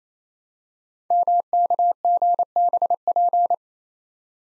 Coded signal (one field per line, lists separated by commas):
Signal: Morse code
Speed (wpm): 29 wpm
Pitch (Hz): 700 Hz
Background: none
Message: MKGBP